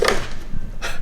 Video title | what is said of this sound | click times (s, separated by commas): TURNING THIS 300,000 Mile CUMMINS Up To ELEVEN *Is It Faster?* | and then everything snaps back in what a clean and simple install | 0.1 s